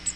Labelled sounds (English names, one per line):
Cape May Warbler flight call